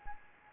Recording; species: mosquito wingbeat signal from an infrared sensor; Anopheles gambiae